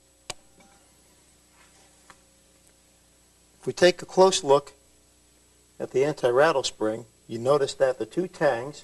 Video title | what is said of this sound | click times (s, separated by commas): Rebuild Your Auto Tranny Part 7 Assembly | you have to push straight back on it until it clicks into place if | 0.3 s